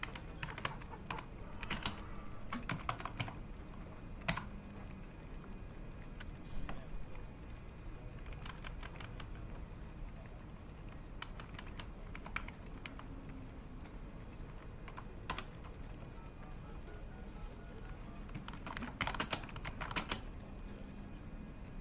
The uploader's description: The sound of conversations, Xerox machines, keyboard typing, and phones ringing